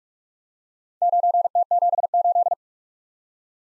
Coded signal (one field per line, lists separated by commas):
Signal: Morse code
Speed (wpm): 44 wpm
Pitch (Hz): 700 Hz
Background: none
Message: 9T78